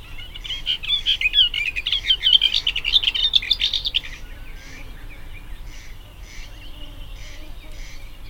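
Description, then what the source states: Booted Warbler song: a rapid, chattering warble of scratchy high notes for about four seconds, then a few spaced short notes over faint background hiss. Male, longer song verse, recorded 13 June 2021.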